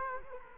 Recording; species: mosquito wingbeat signal from an infrared sensor; Culex quinquefasciatus